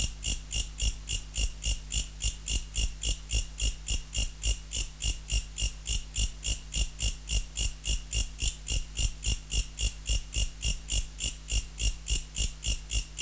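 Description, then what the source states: Mecopoda katydid giving a long, even series of high buzzy pulses, about three and a half per second, never pausing, with a faint low hum beneath. Recorded in November.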